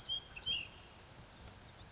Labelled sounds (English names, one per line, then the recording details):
Ash-throated Flycatcher
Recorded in Sonoma County, California